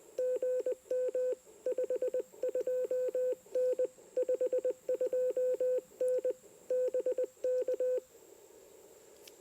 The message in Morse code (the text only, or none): GM 52N 52N BK